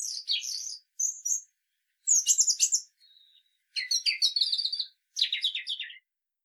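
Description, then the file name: European robin song: several short, high tumbling phrases of sharp twittering notes and trills, most bursts about a second or less, with short silent gaps between. "Erithacus rubecula"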